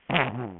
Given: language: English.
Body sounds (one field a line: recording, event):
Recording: throat vibration sensor signal played as sound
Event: throat clearing